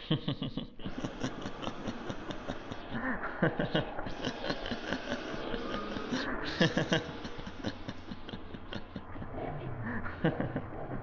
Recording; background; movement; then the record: laughter; traffic; sitting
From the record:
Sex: male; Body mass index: 22.0 kg/m2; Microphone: on the chest, facing the body